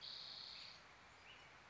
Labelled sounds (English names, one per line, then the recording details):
Spotted Towhee
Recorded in Sonoma County, California